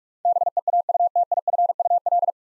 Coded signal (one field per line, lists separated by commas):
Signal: Morse code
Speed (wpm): 44 wpm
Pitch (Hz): 700 Hz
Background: none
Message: BEAUTIFUL